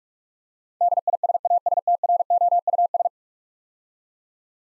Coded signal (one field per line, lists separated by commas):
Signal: Morse code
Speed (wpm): 47 wpm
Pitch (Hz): 700 Hz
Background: none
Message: DISASTROUS